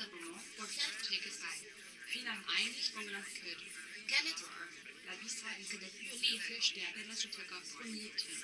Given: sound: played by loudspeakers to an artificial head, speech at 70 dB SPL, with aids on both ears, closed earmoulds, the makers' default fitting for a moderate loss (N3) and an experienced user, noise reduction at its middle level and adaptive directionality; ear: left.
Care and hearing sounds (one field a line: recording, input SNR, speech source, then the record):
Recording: speech test signal (ISTS) in cocktail-party noise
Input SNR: +3 dB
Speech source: on the right (90 degrees)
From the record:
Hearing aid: class 2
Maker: J